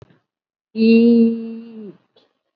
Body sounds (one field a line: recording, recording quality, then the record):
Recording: sustained vowel as in beet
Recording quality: excellent, no background noise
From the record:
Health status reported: COVID-19 positive, moderate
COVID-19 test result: positive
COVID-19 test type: RT-PCR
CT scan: taken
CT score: 11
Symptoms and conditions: cough, fever, fatigue, muscle pain, loss of smell and taste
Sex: female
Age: 57 years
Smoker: no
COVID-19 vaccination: one dose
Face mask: worn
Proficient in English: no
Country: India